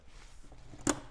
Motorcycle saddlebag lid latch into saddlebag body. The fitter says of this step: 2 click. That's fully secured.